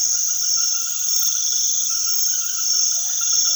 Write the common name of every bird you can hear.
none